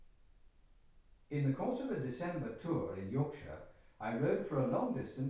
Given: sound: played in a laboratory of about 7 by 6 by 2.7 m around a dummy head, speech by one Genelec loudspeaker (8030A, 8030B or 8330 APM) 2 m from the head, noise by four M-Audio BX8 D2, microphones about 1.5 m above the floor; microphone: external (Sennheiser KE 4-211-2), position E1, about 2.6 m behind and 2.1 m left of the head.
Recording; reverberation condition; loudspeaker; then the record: male speech in English; medium; 90 degrees to the left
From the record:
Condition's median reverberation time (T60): about 510 ms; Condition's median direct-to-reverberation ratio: about -0.5 dB